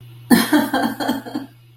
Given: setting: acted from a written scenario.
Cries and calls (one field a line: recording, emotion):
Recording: vocal sound without words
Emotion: sadness